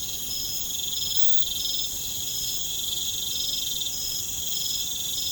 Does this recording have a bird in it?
no